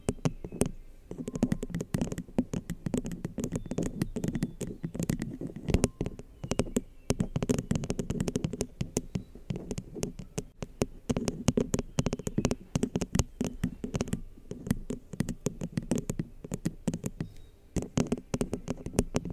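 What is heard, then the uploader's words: A cup is tapped rapidly and irregularly, producing a dense stream of sharp clicks and knocks through the whole recording. The hits sound hard, over a low, muffled rumble of handling, with a brief lull near eighteen seconds. Orange cup tapping.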